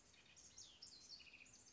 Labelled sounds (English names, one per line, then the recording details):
House Wren
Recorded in Sonoma County, California